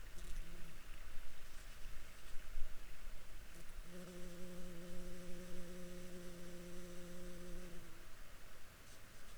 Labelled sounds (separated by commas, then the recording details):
water, insects
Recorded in Ivvavik National Park, Yukon, on 2 June 2019 at 06:47
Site SINP06